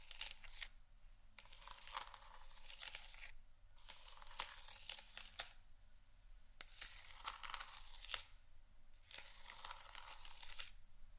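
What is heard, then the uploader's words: Scratching and tapping on an object in bursts of about one to two seconds, each a dense, bright rasp with sharp taps inside it. Short pauses separate the bursts. Dry, with a faint low hum underneath. ASMR Scratchtap On Various Items （No Talking）.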